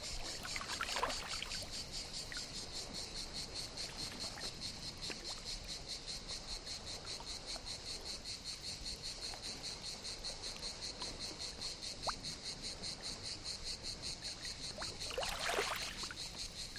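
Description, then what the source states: Cicadas in a dense, regularly throbbing chorus, with small waves breaking on the shore at the start and near the end. Cicadas calling as an ambient chorus in the morning at a Mediterranean calanque beach of fine gravel, with water on the shore.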